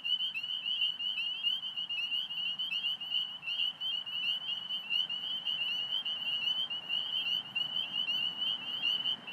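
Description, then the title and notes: Chorus of spring peepers, shrill overlapping peeps forming a steady high trill, background traffic hum faintly audible. Spring peepers calling at 8:06 pm on 27 March 2017 in Alexandria, Virginia, USA; cattail and grass habitat recently mowed; traffic noise from Fort Hunt Road; recorded on iPhone 6+. "Spring Peepers calling despite their habitat having been recently mowed down (cattails, grasses). Traffic noises in background from Fort Hunt Rd. Alexandria, VA. Recorded 032717 at 8:06pm"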